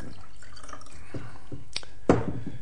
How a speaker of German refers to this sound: Darf ich Ihnen nachschenken?